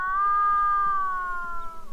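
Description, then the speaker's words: Pacific loon wail: one long, smooth, mournful tone held for about two seconds, sliding slightly lower toward the end, with faint background noise. Melancholy courtship calls carrying across a tundra lake near Nome, Alaska, during the summer breeding season. "The melancholy courtship calls of a Pacific loon carry across a tundra lake near Nome, Alaska."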